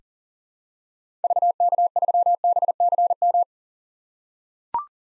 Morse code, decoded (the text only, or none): VK3BCM